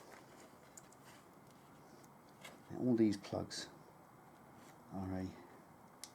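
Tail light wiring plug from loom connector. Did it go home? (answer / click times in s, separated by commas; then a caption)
released / 6.0 s. A plastic tail light wiring plug is unplugged from its loom connector on the old tail light of a Triumph Bonneville, while someone talks in between quiet handling noises. A single sharp click at 6.0 s marks the plug releasing and coming apart.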